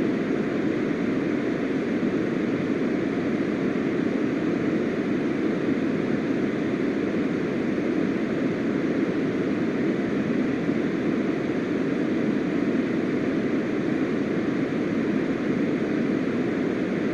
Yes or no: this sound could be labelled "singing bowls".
no